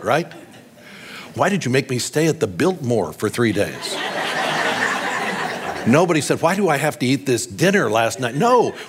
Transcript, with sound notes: Right? “Why did You make me stay at the Biltmore for three days?” (Laughter) Nobody said, “Why do I have to eat this dinner?” last night. No!